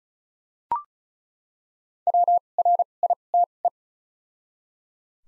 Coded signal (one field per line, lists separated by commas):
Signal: Morse code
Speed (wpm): 34 wpm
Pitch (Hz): 700 Hz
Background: none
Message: W R I T E